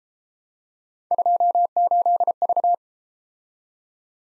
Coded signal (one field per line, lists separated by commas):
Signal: Morse code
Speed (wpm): 35 wpm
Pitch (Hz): 700 Hz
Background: none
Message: 28V